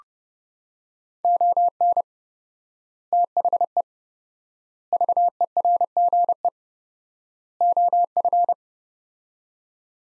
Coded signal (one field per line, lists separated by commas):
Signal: Morse code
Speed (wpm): 30 wpm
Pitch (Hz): 700 Hz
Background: none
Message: ON THE VERGE OF